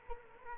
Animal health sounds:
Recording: mosquito wingbeat signal from an infrared sensor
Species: Culex quinquefasciatus

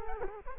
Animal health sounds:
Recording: mosquito wingbeat signal from an infrared sensor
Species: Culex quinquefasciatus

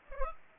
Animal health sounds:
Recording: mosquito wingbeat signal from an infrared sensor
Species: Aedes aegypti

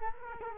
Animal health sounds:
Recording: mosquito wingbeat signal from an infrared sensor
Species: Culex quinquefasciatus

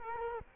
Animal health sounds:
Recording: mosquito wingbeat signal from an infrared sensor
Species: Culex quinquefasciatus

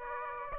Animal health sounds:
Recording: mosquito wingbeat signal from an infrared sensor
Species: Aedes aegypti

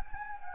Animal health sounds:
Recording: mosquito wingbeat signal from an infrared sensor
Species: Anopheles gambiae

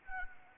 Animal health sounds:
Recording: mosquito wingbeat signal from an infrared sensor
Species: Anopheles gambiae

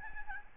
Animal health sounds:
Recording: mosquito wingbeat signal from an infrared sensor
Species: Aedes albopictus

